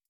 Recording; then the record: hydrophone in a shrimp aquaculture tank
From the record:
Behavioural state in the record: feeding